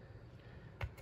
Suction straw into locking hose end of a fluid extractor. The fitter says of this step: and it locks in place so you can see it pulls out you actually got to hold this to